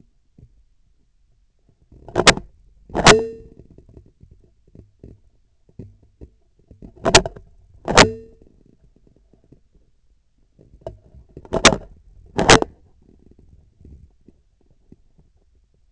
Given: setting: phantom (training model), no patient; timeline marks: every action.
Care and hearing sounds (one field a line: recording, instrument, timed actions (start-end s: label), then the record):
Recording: laparoscopic instrument, vibration sensor on the handle end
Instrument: scissors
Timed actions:
1.87-2.54 s: scissors opening
2.86-3.59 s: scissors closing
6.90-7.46 s: scissors opening
7.80-8.43 s: scissors closing
11.46-11.98 s: scissors opening
12.31-12.83 s: scissors closing
From the record:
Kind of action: tool actuation without material contact